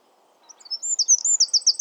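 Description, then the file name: Eurasian wren, a short burst of song: a few thin high notes quickly building into loud, fast, ringing repeated notes. "Troglodytes troglodytes"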